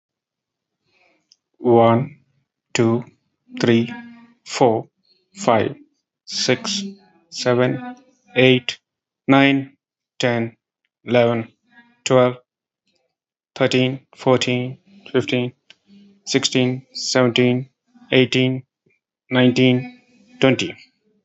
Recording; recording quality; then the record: counting at a normal pace; excellent, no background noise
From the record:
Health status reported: respiratory illness, not identified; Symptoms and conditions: asthma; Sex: male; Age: 48 years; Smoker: not ticked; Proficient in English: yes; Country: India